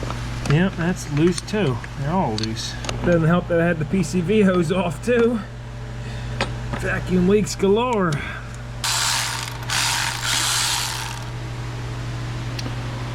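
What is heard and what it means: Someone talks while a ratchet tightens a loose M10x1.25 bolt into the intake/carburetor-area threads of a 1974 Toyota Celica engine, and broadband ratchet-pawl clicking follows from about 8.8 to 11.2 seconds. The bolt's thread strips a little while tightening, with no single hit marking the slip, and nothing seats or clicks into place.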